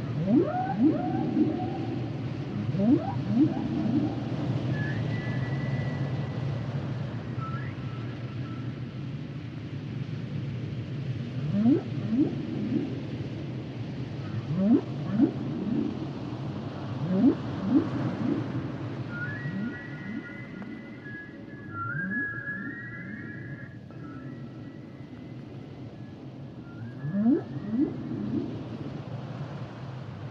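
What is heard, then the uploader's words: Humpback whale song: low upward groans and moans repeat every few seconds, with higher bright whistles around 5, 8, and 20–24 seconds. The songs and sounds of the humpback whale. Male humpback whales produce complex songs during the winter breeding season.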